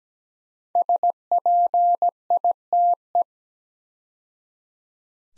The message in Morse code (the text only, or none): SPITE